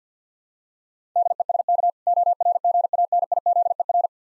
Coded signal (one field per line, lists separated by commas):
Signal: Morse code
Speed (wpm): 50 wpm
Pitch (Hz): 700 Hz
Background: none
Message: DESK ORGANIZER